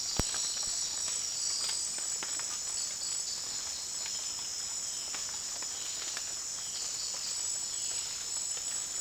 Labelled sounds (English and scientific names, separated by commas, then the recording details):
none
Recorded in dense forest near Puerto Asís, Putumayo, Colombia, on 19 June 2025 at 17:30
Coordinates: 0.466, -76.327
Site GP04